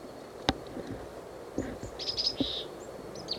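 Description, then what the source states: Chickadee calls: a few faint, short high-pitched notes, mostly in the second half, over scattered clicks and steady background noise. Two chickadees within a meter of each other, foraging close to the ground in a dense thicket of mostly live pine near a fallen dead tree, exchanging type 1 calls; wind blowing.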